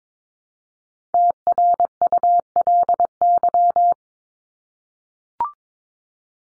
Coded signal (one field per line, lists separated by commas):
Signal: Morse code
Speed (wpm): 22 wpm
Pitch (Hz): 700 Hz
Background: none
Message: TRULY